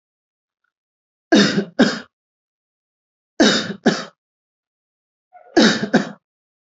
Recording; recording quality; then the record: heavy voluntary cough; excellent, no background noise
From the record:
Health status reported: respiratory illness, not identified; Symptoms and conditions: none ticked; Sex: male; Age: 45 years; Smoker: not ticked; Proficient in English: yes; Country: India